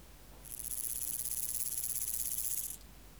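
Omocestus antigai grasshopper song, one steady, high, rapidly pulsed hiss lasting a little over two seconds, starting and ending sharply against a quiet background.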